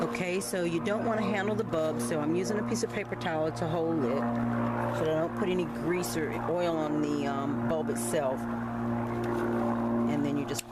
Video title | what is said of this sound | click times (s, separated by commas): Rear Turn Signal 2009 Jeep Patriot | plug it back in it snaps right in | 10.6 s